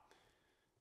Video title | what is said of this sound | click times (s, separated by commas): STV Racking Assembly Video | pushed back and now that locks in place so it's physically retained to that plate just | 0.1 s